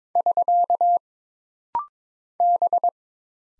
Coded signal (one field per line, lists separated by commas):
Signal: Morse code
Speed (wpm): 22 wpm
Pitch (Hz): 700 Hz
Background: none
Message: <SK> B